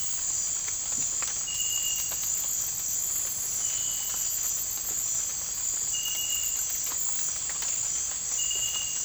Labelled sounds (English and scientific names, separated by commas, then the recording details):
none
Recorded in dense forest near Puerto Asís, Putumayo, Colombia, on 20 December 2024 at 02:30
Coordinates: 0.481, -76.323
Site G100